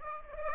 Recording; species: mosquito wingbeat signal from an infrared sensor; Aedes aegypti